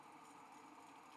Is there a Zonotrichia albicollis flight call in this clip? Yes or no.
no